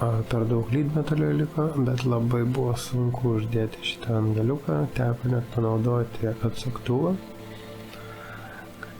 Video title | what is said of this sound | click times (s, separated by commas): FPV Tvarka drone: Amass MR30 jungtys ir laidų valdymas (3 dalis) | Jisai turi užsifiksuoti. | 8.8 s